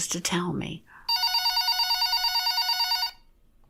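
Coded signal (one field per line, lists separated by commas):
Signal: none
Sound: a telephone ringing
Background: speech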